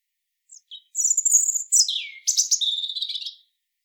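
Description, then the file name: European robin song: brief high introductory notes, then a liquid run of descending whistles and quick tinkling trills in three linked sections. "Erithacus rubecula"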